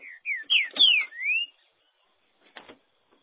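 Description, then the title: Green-winged saltator song: one phrase of clear slurred whistles, sliding down and then up, followed by a pause and a couple of soft clicking sounds. "Trinca Ferro"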